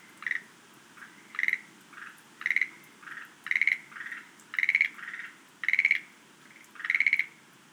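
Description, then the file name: Schlegel's green tree frog calling with short rattling bursts around once a second, alternating with softer, lower croaks. "rodolphe alexis - rhacophorus schlegelii"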